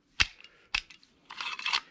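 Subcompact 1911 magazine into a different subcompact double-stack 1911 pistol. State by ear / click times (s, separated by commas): not seated / none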